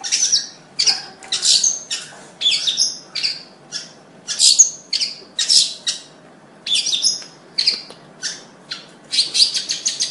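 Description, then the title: Bird giving a lively series of high chirps, squeaks and harsh notes in short clustered bursts with brief gaps. "Kicau Burung"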